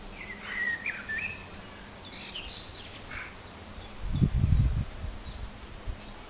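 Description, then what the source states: Tit calls: a few quick, high, chirpy notes in the first second and a half, then sparse faint ticks, over steady low rumbling noise with a brief thump near four seconds. Recorded 3 June 2010.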